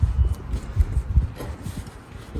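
A second new windshield wiper blade is fed onto the J-hook of a Jeep Wrangler JK wiper arm. Only low, uneven thumps and rustling handling noises are heard. Nothing has seated or clicked yet.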